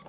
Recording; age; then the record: pig call; piglet (1 to 25 days)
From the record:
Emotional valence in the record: negative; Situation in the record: short isolation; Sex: male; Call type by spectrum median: low-frequency call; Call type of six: low-frequency tonal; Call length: 0.10 s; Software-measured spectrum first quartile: 467 Hz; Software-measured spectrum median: 910 Hz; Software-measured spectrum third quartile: 2238 Hz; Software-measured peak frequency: 569 Hz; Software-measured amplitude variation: 166 dB a second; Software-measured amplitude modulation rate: 10.4 a second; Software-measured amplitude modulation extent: 15.9 dB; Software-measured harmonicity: 2.6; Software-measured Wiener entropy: -1.40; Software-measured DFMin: 834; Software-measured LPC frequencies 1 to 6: 642, 1079, 2179, 3436, 4791, 5534 Hz